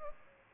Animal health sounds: mosquito wingbeat signal from an infrared sensor; Aedes albopictus

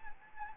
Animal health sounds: mosquito wingbeat signal from an infrared sensor; Anopheles gambiae

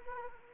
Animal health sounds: mosquito wingbeat signal from an infrared sensor; Anopheles arabiensis

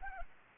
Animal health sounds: mosquito wingbeat signal from an infrared sensor; Anopheles arabiensis

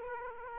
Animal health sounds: mosquito wingbeat signal from an infrared sensor; Aedes aegypti

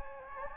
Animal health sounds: mosquito wingbeat signal from an infrared sensor; Anopheles gambiae

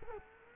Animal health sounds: mosquito wingbeat signal from an infrared sensor; Culex quinquefasciatus

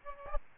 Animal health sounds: mosquito wingbeat signal from an infrared sensor; Aedes albopictus

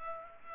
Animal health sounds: mosquito wingbeat signal from an infrared sensor; Culex pipiens

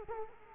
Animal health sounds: mosquito wingbeat signal from an infrared sensor; Culex quinquefasciatus

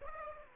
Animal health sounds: mosquito wingbeat signal from an infrared sensor; Aedes aegypti

